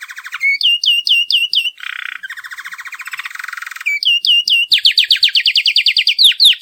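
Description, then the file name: Canary song shifting between whistled notes, a grating buzzy rattle, and a fast series of repeated chirps at the end. Offered as a phone ringtone. "Canary Bird Tone"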